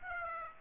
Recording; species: mosquito wingbeat signal from an infrared sensor; Aedes aegypti